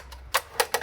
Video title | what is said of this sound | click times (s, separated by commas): 1800SE Instructions | uh bar slides all the way back and snaps into place | 0.6 s, 0.7 s